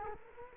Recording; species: mosquito wingbeat signal from an infrared sensor; Culex quinquefasciatus